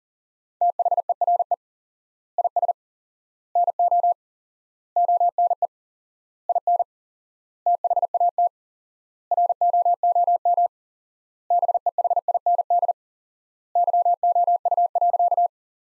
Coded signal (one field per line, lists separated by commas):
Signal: Morse code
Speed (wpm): 40 wpm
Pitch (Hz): 700 Hz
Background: none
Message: THERE IS NO ONE IN THAT ROOM BEHIND YOU.